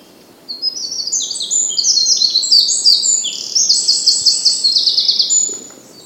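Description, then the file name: Eurasian wren song: a long, high, energetic warble of rapid notes ending in a fast, repeated trill, about five seconds in all. "Troglodytes troglodytes"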